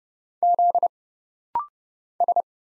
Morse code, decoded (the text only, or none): Z S